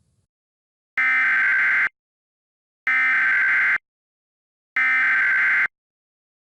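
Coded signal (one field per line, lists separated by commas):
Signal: Emergency Alert System (SAME) tones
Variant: header bursts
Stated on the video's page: EAS SAME tones in a fictional scenario film, a simulated alert rather than a real broadcast.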